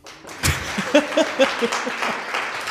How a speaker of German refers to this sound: brauche ich jetzt einen frenetischen Applaus